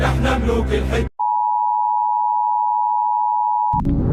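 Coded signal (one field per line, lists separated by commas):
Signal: Emergency Alert System (SAME) tones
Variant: 853 and 960 Hz attention tone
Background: music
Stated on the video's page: Fictional EAS scenario.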